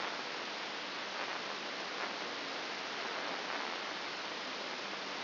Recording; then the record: brain microelectrode recording played as sound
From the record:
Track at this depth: outside the subthalamic nucleus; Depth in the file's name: 6.501 mm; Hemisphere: left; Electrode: 2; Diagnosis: Parkinson's disease